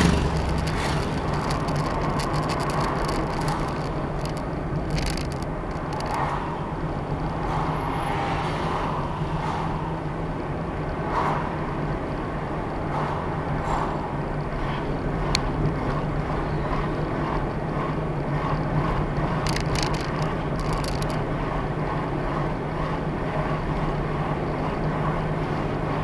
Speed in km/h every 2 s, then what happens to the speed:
42, 40, 40, 40, 40, 42, 42, 44, 44, 45, 44, 44, 44.
0-26 steady at about 42.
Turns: none.